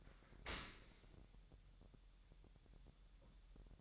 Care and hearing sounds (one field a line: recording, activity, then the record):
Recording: daily activity, microphone in the room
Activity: open dishwasher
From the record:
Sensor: 3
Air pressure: 1000.4 hPa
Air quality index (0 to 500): 248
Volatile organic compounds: 171 ppm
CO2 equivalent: 4109 ppm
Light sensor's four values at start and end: 10/24/10/10 and 10/24/10/10